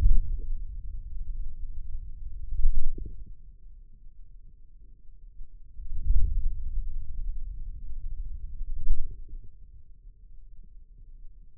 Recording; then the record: forearm muscle sounds (acoustic myography)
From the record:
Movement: wrist flexion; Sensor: system 2, bracelet of six BSWA MPA416 microphones around the upper forearm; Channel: 4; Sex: male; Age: 22 years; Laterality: right